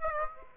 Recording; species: mosquito wingbeat signal from an infrared sensor; Aedes aegypti